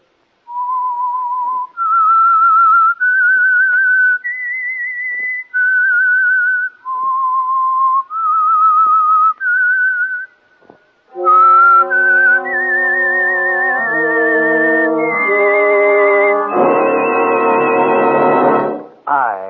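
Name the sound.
whistled theme melody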